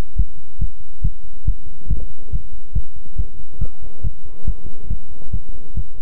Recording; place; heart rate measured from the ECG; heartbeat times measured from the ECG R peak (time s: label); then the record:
heart sounds by stethoscope; between the tricuspid and mitral areas; 140 bpm
0.16 s: heartbeat
0.59 s: heartbeat
1.02 s: heartbeat
1.45 s: heartbeat
1.88 s: heartbeat
2.30 s: heartbeat
2.73 s: heartbeat
3.16 s: heartbeat
3.59 s: heartbeat
4.02 s: heartbeat
4.45 s: heartbeat
4.88 s: heartbeat
5.31 s: heartbeat
5.75 s: heartbeat
From the record:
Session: pedaling a stationary bicycle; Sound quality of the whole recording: good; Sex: male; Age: 24 years